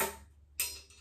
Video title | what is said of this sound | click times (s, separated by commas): Recurve Tuning Series Episode 2 - Equipment Basics; definition and how to adjust with Jake Kaminski | the string itself this one has two clicks so | 0.0 s, 0.6 s